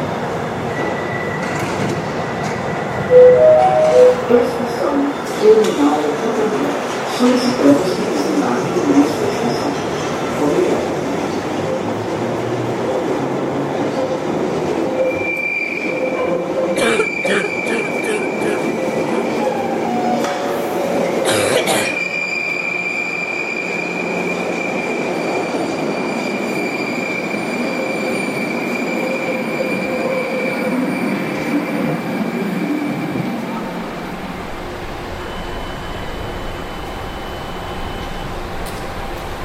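Inside a subway station or car, a dense rumble of a moving train fills the first half with murmuring voices. Around 15 and 21 seconds sharp bright squeals and clicks cut in, then a steady high whine lingers as the low rumble drops away near 34 seconds.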